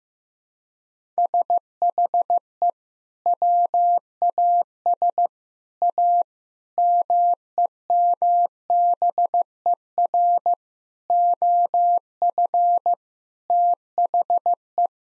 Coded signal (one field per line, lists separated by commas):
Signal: Morse code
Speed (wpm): 15 wpm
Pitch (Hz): 700 Hz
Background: none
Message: SHE WAS A MEMBER OF THE